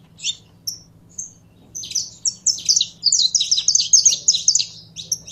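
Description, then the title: Canary song opening with a few separate high chirps, then breaking into a quick, rolling trilled phrase of bright warbled notes; soft low hum in the background. Song of a purebred Belgian canary. "Canto Do Canário Belga Puro"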